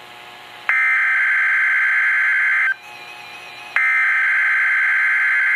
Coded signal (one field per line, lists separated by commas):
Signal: Emergency Alert System (SAME) tones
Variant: header bursts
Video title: Required Weekly Test - 07/16/14 (EAS #779)